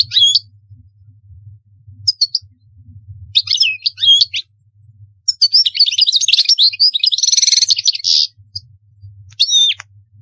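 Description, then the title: European goldfinch song, short twitter phrases building into a long rapid warble with a buzzy rattling section, over a faint low hum. "Chant Chardonneret"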